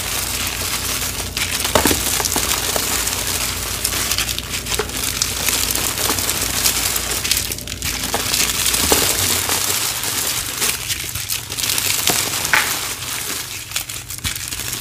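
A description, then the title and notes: Cornstarch powder is squeezed and pressed, giving a dense, steady stream of crunchy, crinkling squeaks for the whole stretch. Sharper crunches stand out near two, eight and twelve and a half seconds, and a low hum runs underneath throughout. Tons of super satisfying powder play. Lots of dust, pretty colors, cornstarch crunchies, and more!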